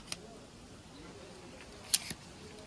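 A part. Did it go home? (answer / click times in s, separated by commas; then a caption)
yes / 1.9 s. A camera quick-release plate is inserted into a gimbal or tripod clamp. After a faint tick at 0.1 s and low background hiss, a sharp click at 1.9 s is followed by a softer knock, and the plate is locked into the mount.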